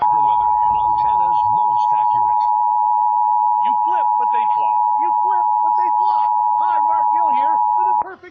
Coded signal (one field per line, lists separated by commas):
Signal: Emergency Alert System (SAME) tones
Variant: 853 and 960 Hz attention tone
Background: speech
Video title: Disturbing EAS Incidents